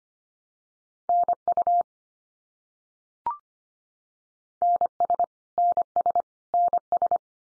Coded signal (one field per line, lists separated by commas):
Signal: Morse code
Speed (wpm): 25 wpm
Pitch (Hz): 700 Hz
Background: none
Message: NU NS NS NS